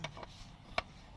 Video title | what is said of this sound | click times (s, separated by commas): First time fitting aluminium siding | they come up and then this little click goes on here | 0.8 s